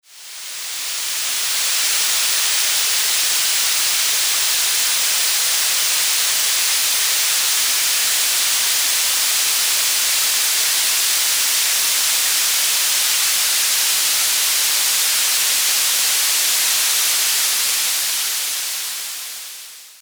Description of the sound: Ultra high frequency sweeping notch 15khz 20khz.